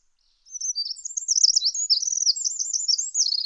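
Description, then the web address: Bird calling in a rapid, high twittering stream of short chirps and trills, jumbled and continuous after a brief silent start, with no other sounds. "Deverinetal 2025 File origin Bird Only"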